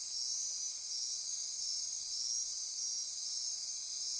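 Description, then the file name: Insects calling together, an even high-pitched wash of buzzing with rapid faint flickers, unchanging throughout. Insect chorus recorded at midnight near Corcovado. "Wind-is-the-Original-Radio-Fridays 20240628 Andy-Martin Midnight-Insect-Chorus-Near-Corcovado"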